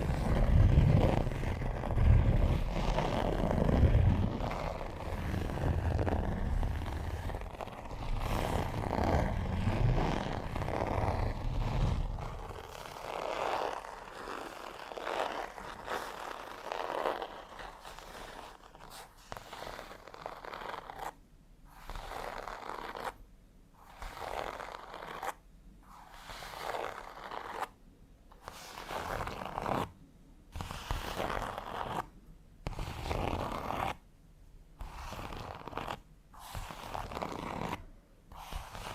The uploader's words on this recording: TimASMR-Needle Fingers & Textured Leather Scratching (NO TALKING).